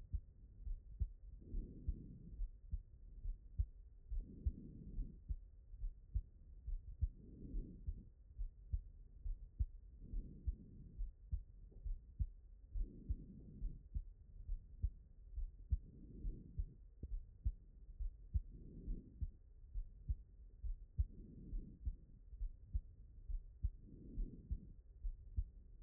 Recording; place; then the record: heart sounds by stethoscope; pulmonary valve (PV)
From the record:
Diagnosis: non-HFrEF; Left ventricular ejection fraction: 61%